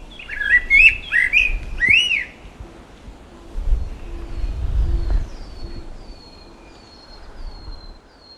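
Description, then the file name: Eurasian blackbird giving a few quick warbled phrases at the start; thin, high, falling whistles then repeat over a faint low rumble. "Turdus merula"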